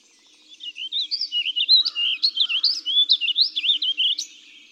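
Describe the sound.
Warbling vireo giving a single full song phrase, a fast, run-on stream of swirling, slurred notes lasting about four seconds.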